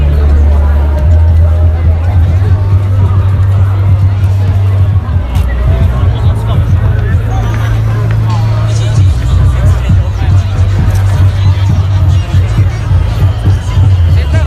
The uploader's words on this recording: Recorded of the sounds, noises and atmosphere at Shibuya Halloween Crowd 2021.